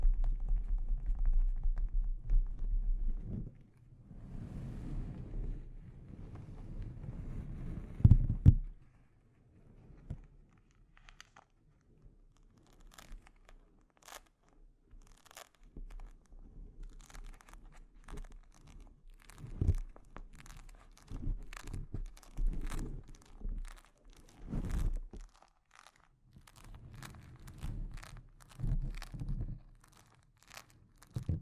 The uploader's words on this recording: ASMR Delicate Mic Scratching and Tapping Triggers.